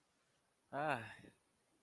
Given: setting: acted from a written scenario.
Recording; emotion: vocal sound without words; romantic love